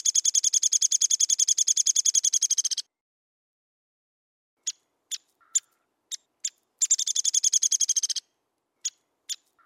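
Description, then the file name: Downy woodpecker opening with a long, fast, steady rattle, pausing, then giving several separate sharp notes before another shorter rattle and more single notes. "suara burung pelatuk downy omkicau"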